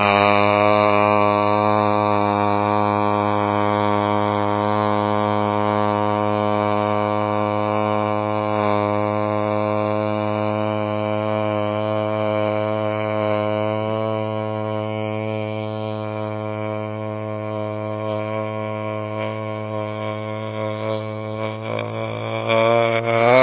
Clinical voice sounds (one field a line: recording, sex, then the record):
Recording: sustained vowel /a/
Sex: male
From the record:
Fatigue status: no fatigue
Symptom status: asymptomatic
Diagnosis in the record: COVID-19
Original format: 3gp